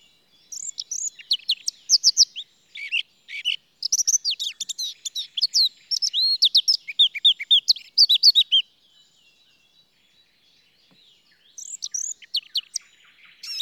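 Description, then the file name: Eurasian blackcap giving quick, high, scratchy and whistled notes for about eight seconds, a quiet gap, then a shorter burst near the end. "Sylvia atricapilla"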